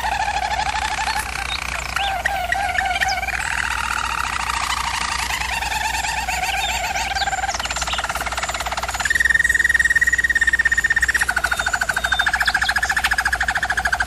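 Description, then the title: German Roller canary song, a continuous chain of low rolling trills changing tour every few seconds, with a steadier whistled roll near the end. German Roller canary singing, for canary training. "German Roller Canary Singing - Canary Training Vid"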